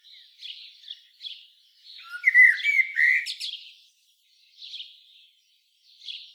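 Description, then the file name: Common blackbird giving a short fluted warble in the middle, framed by soft, high, breathy twittered notes before and after. "Turdus merula"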